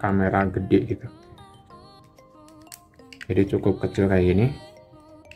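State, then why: Not seated. A DJI Osmo Action 3 action camera is handled as it is pressed toward its magnetic quick-release mount on a mini tripod, while someone talks over background music and a few faint small clicks and taps sound. Nothing has seated or clicked yet; the camera has not locked into the mount by the end.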